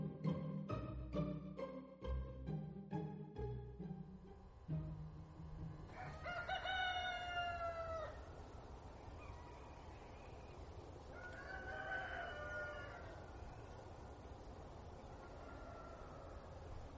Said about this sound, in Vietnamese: Sáng hôm sau, khi tiếng gà rừng vang dội, tôi thức dậy để chuẩn bị mọi thứ qua làng bên xem tình hình.